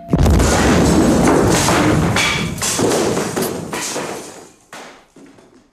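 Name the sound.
bomb explosion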